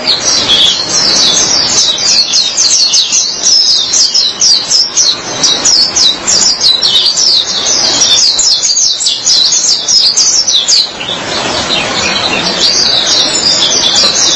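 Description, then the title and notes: White-eye song: a fast, continuous stream of high twittering notes, becoming quieter in the final stretch. Chirping song. "Suara kicauan burung pleci"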